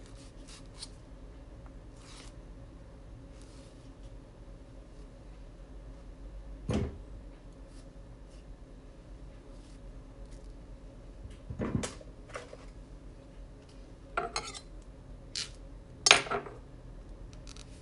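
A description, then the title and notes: Banana bread being made, heard as a low steady hum with scattered kitchen handling sounds. Short scrapes and clatters land around 7, 12, 14 and 16 seconds, the last the loudest, with small taps and rustles between them. Making Banana Bread. I made a loaf of banana bread.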